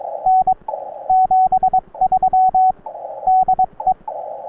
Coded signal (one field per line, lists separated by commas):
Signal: Morse code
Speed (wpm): 22 wpm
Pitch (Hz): 750 Hz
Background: radio noise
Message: N 73 DE